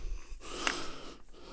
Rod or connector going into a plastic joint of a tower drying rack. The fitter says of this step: da ist nicht richtig drinne so